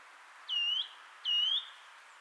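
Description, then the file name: Eurasian nuthatch giving two drawn-out, slightly curved whistled calls under a second apart, clear above a low background hiss. "Sitta europaea"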